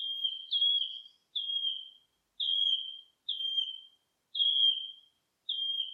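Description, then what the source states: Wood warbler giving a series of clear, plaintive whistled notes, each sliding downward, repeated with short gaps. Recorded 19 July 2025.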